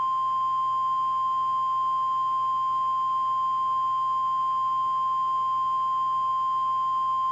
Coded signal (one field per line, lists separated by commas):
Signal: Emergency Alert System (SAME) tones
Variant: 1050 Hz attention tone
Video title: EAS MOCK: SEVERE THUNDERSTORM WARNING